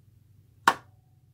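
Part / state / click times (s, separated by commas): design cartridge into craft cutting machine slot / seated / 0.7 s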